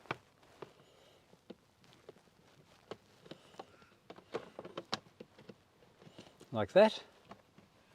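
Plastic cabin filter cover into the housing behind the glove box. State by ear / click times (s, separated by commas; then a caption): not seated / none. On a 2023 Mitsubishi Outlander, a plastic cabin filter cover is handled into its housing behind the glove box after being pinned into its locator on one side, with the other side about to be clipped in. Short taps and handling knocks are heard while someone talks, with a louder burst of rustling near the end. Nothing has seated or clicked yet.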